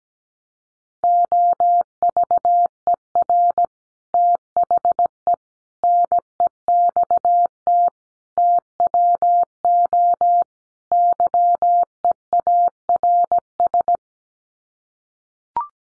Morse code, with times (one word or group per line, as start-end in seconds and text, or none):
1.0-3.6 OVER
4.1-5.3 THE
5.8-7.9 NEXT
8.4-10.4 TWO
10.9-14.0 YEARS